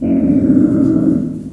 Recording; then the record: squeal of a Yucatan mini pig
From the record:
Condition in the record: after surgery on the right vocal fold (resection and tissue-engineered implant); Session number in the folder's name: 5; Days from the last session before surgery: 33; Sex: female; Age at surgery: 19 weeks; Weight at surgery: 25 kg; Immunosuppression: prednisolone